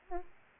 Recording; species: mosquito wingbeat signal from an infrared sensor; Aedes aegypti